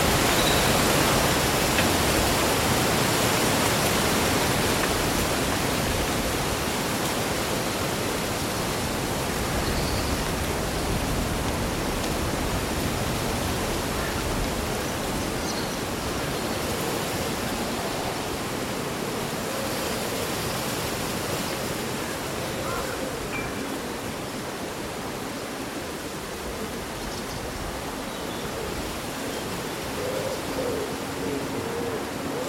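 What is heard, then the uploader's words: Wind rustles through leaves in a dense, steady wash that fills everything from low rumble to bright hiss, easing slightly toward the end. A few faint bird chirps sit beneath it, barely poking through around the middle. Breezy Summer Day Rustling Leaves and Birdsong. Rustling leaves and the melodies of local birds.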